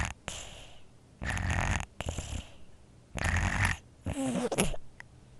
Baby infant sleeps snores with a cold congested.